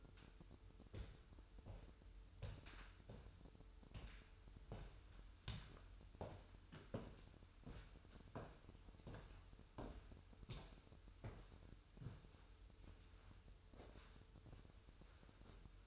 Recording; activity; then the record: daily activity, microphone in the room; walk to room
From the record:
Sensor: 2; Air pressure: 988.1 hPa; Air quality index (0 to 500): 185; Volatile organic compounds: 152 ppm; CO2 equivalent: 4034 ppm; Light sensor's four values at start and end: 21/70/27/26 and 21/70/27/26